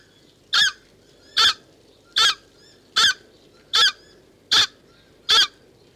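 South Island takahe giving loud, harsh honking calls, seven evenly spaced notes, roughly one every 0.8 seconds, over a low steady background hiss.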